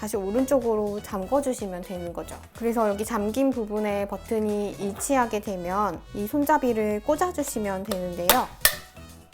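A detachable handle is being pushed into its socket on the plastic body of a capsule-shaped portable steam iron (NIID3/NIID4) after the lid has been locked. Someone talks throughout with background music and light handling sounds. The clip ends before the handle goes home, so nothing has seated or clicked yet.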